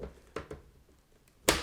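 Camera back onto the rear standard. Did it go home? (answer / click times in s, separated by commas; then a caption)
yes / 1.5 s. A magnetic camera back on an Intrepid 8x10 camera is rotated 90° and dropped back onto the rear standard. A few soft knocks are heard at about 0.0, 0.4 and 0.5 seconds as it is handled. At 1.5 seconds strong magnets pull it home with a loud, sharp snap, and the back is seated in place.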